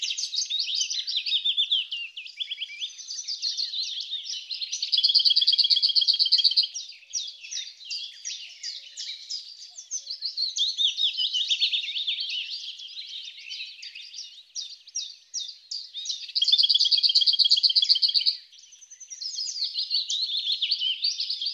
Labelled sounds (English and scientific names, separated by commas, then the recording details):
Lesser Whitethroat (Sylvia curruca) song
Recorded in the wild
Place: Waltershofen / Freiburg im Breisgau, Baden-Württemberg, DE
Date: 2009-05-11
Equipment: MiniDisc Sharp MT 20 H
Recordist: Schwarz, Dieter
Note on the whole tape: Song